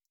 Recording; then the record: hydrophone in a shrimp aquaculture tank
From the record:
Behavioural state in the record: stressed